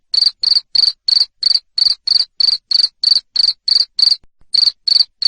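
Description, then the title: Cricket chirps, high and buzzy, pulsing at a brisk regular pace of about three per second, with a single short pause near the end. Loud cricket chirping played to stimulate lovebirds to sing continuously. "Suara JANGKRIK NGERIK Keras Bikin LOVEBIRD Jadi NGEKEK Terus"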